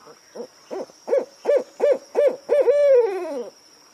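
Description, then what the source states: Owl hooting, a quick series of seven short hoots that grow louder, ending in a longer wavering hoot that slides downward; a steady high tone continues throughout. Owls heard at night.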